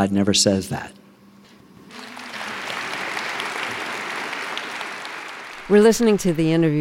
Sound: applause

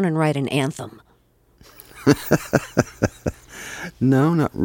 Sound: soundbite of laughter

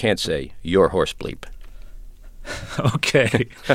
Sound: soundbite of laughter

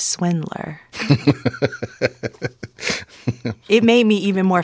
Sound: laughter

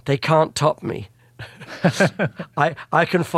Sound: soundbite of laughter

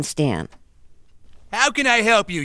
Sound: Soundbite of television program, South Park

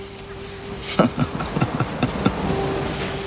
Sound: laughter

